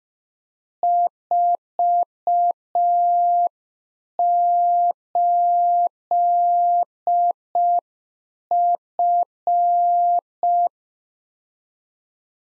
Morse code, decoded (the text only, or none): 48F